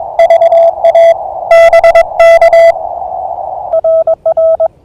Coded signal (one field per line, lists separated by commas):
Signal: Morse code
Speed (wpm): 21 wpm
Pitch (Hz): 660 Hz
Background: none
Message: VA BK RR